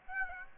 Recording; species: mosquito wingbeat signal from an infrared sensor; Aedes aegypti